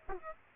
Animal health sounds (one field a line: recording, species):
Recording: mosquito wingbeat signal from an infrared sensor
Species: Aedes aegypti